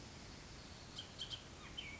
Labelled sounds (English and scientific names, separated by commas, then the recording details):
Bullock's Oriole (Icterus bullockii)
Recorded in Sonoma County, California